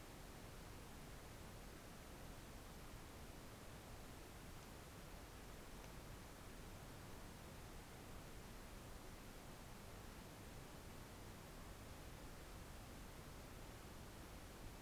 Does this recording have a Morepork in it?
no